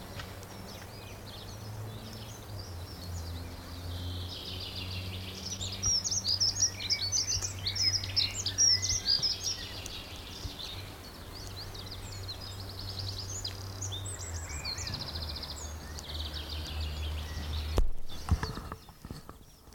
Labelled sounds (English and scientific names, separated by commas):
Dunnock (Prunella modularis)